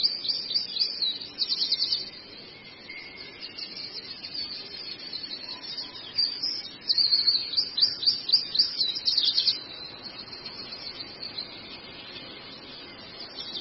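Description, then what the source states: Long-tailed shrike song: a rapid, scratchy chatter of high twittering notes, with louder bursts near the start and again from about seven to nine seconds. Long-tailed shrike song presented as a masteran, a tutor recording for training birds.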